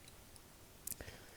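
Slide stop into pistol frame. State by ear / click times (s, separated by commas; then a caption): seated / 0.9 s. A slide stop is fitted into the hole of a 1911 steel frame, which was enlarged slightly with a needle file. After a few faint ticks, a sharp metallic click at 0.9 s marks the slide stop seating in the frame, followed by a softer, duller knock at 1.0 s.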